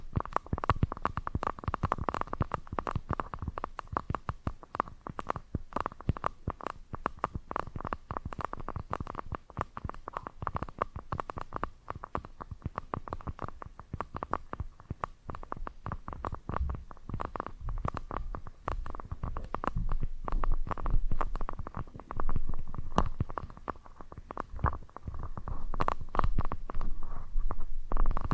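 Scratching and tapping sounds run nonstop for the whole stretch, a dense, rapid patter of small scrapes and taps with no real pauses. The texture is low and rough, with a steady midrange hum beneath. It grows slightly louder and busier after twenty seconds.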